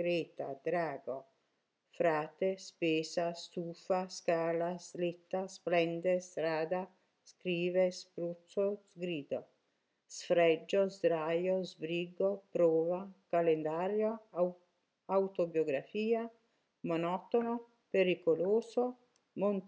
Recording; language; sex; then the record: read list of words; Italian; female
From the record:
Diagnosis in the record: healthy control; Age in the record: 63 years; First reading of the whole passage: 70 s, 6.7 characters per second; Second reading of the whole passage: 71 s, 6.6 characters per second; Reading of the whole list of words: 45 s, 6.3 characters per second